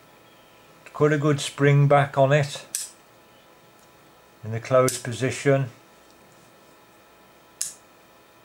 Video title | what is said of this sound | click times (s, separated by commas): WINCHESTER FOLDING POCKET LOCK KNIFE REVIEW | nice firm click it | 7.6 s